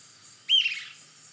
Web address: cantos chincheroescamado